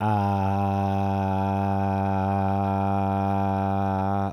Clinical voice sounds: sustained vowel /a/; male; 30 to 39 years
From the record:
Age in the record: 38 years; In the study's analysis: included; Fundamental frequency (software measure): 97 Hz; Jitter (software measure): 0.22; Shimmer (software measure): 1.17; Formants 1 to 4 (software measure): 790 Hz, 1421 Hz, 2497 Hz, 3302 Hz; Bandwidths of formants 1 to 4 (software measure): 70 Hz, 183 Hz, 91 Hz, 372 Hz

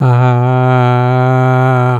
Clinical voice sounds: sustained vowel /a/; male; 60 to 69 years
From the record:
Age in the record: 64 years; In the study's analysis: included

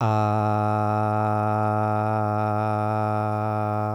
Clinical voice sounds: sustained vowel /a/; male; 40 to 49 years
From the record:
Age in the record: 48 years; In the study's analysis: included

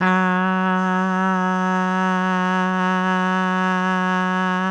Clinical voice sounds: sustained vowel /a/; female; 40 to 49 years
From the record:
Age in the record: 49 years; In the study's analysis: included

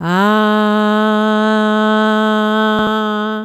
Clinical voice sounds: sustained vowel /a/; female; 50 to 59 years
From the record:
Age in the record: 51 years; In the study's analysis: included

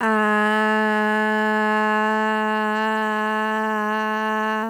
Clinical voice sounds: sustained vowel /a/; female; 20 to 29 years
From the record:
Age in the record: 26 years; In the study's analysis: included

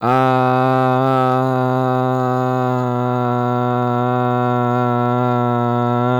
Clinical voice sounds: sustained vowel /a/; male; 20 to 29 years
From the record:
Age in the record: 24 years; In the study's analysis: included

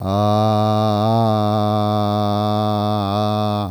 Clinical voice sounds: sustained vowel /a/; male; 50 to 59 years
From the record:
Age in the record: 58 years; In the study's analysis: included

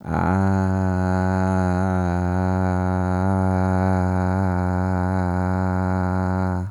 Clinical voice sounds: sustained vowel /a/; male; 30 to 39 years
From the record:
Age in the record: 30 years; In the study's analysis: included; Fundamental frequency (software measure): 92 Hz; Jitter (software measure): 0.39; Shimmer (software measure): 0.97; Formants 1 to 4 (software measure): 814 Hz, 1450 Hz, 2247 Hz, 4073 Hz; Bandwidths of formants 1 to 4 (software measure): 169 Hz, 142 Hz, 410 Hz, 357 Hz

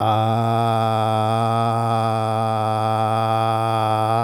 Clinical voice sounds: sustained vowel /a/; male; 50 to 59 years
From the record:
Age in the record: 50 years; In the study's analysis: included

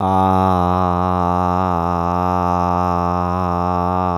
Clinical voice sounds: sustained vowel /a/; male; 50 to 59 years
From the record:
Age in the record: 52 years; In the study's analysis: included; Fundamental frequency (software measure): 89 Hz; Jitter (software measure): 0.23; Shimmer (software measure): 1.00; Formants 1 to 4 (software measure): 800 Hz, 1203 Hz, 2676 Hz, 3829 Hz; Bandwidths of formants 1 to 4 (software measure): 132 Hz, 114 Hz, 267 Hz, 244 Hz

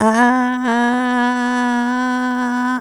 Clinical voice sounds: sustained vowel /a/; female; 70 to 79 years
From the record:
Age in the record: 70 years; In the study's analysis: excluded

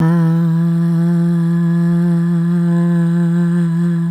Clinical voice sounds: sustained vowel /a/; female; 40 to 49 years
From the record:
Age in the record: 43 years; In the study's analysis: included

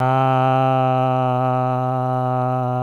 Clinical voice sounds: sustained vowel /a/; male; 50 to 59 years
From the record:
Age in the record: 59 years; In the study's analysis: included

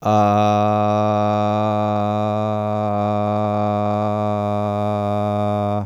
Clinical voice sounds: sustained vowel /a/; male; 20 to 29 years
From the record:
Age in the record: 24 years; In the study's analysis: included

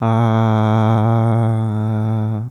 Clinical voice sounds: sustained vowel /a/; male; 20 to 29 years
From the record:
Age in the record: 23 years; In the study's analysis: included

